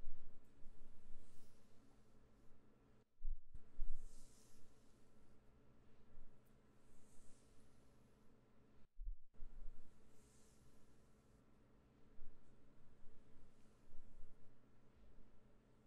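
Soft hand rubbing and hair brushing with faint mouth sounds over a steady low hum, broken by two brief dropouts near three and nine seconds.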